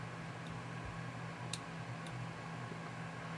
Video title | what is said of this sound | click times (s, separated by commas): May I Shred You, Box? - May 11 2023 | I thought it clicked. That was just it popping out of the friction joint. | none